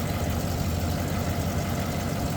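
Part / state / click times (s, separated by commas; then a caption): refrigerant recharge hose quick coupler onto car AC service port / not seated / none. A quick-connect coupler on a refrigerant recharge hose is pushed onto a car's AC low-pressure service port against a steady, low engine idle rumble. No click is heard, and the coupler has not seated yet.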